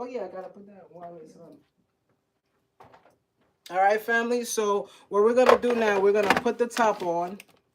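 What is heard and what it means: Someone talks while handling a plastic lid over a food processor bowl, with a few faint, brief taps between about 2.8 and 3.1 seconds. The lid has not seated or clicked onto the bowl yet.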